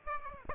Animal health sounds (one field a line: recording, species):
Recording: mosquito wingbeat signal from an infrared sensor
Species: Aedes aegypti